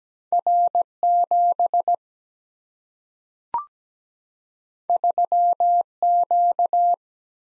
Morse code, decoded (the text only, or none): R 7 3 Q